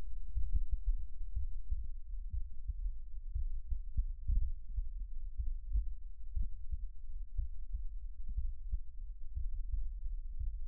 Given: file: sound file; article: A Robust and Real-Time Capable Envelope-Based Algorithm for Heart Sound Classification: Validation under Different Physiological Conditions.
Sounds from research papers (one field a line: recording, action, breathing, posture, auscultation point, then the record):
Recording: heart sounds by electronic stethoscope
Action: rest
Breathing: normal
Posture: lying on right side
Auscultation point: Erb’s point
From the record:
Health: healthy, no known heart disease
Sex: male